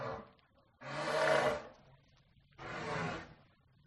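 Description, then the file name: Elephant roars: two harsh, broad, noisy bursts with quiet between them, after the tail of an earlier one. "audio hero Elephant"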